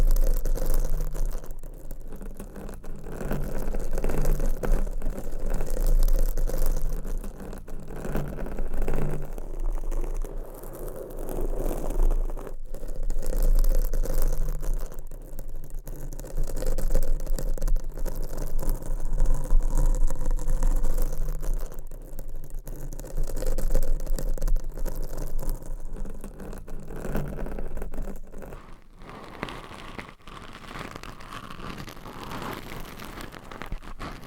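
Nails scratch steadily across different mic covers, a dense, rough rasping that swells and eases in waves every few seconds. A low hum runs underneath throughout. Near the end, after about 28 seconds, the scratching turns quieter and thinner.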